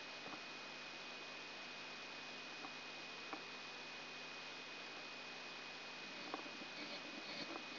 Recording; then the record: brain microelectrode recording played as sound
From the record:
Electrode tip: outside the subthalamic nucleus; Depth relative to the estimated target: -8 mm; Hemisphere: right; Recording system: AlphaMap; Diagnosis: Parkinson's disease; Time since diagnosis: 9 years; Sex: male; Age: 53 years